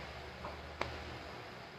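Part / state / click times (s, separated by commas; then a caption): plastic model kit leg parts joined together / not seated / none. Plastic leg parts of an SD BB Senshi Gundam Unicorn model kit are pressed together over a low, steady background hum, with a soft contact sound near 0.5 s and a brief faint tap near 0.8 s. The parts join without any clicky sound, and nothing has clicked into place.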